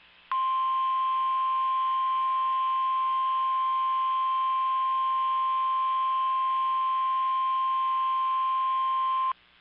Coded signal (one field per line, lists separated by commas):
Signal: Emergency Alert System (SAME) tones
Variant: 1050 Hz attention tone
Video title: OKLAHOMA TROUBLE | EAS Alerts from April 19th, 2023 (EAS #2325-2341)